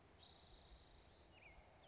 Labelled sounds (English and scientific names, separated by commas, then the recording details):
Spotted Towhee (Pipilo maculatus)
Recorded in Sonoma County, California